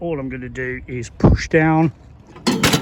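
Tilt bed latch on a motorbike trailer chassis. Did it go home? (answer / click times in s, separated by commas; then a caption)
yes / 2.5 s. Someone talks, then the steel tilt bed of a Debon Moto 1 single motorbike trailer is pushed down onto the chassis until its latch engages. A sharp, solid metallic click lands at 2.5 s, with a brief clatter trailing after it. The tilt bed latch is now seated and engaged.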